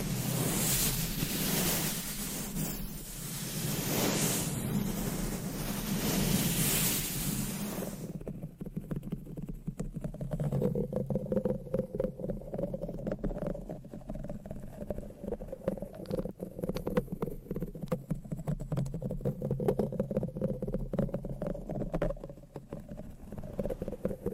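Trigger sounds of scratching and tapping. For the first eight seconds a dense, bright scratching rush fills everything, then it stops abruptly and gives way to quieter, crisp taps and clicks coming quickly and irregularly over a steady low hum until the end.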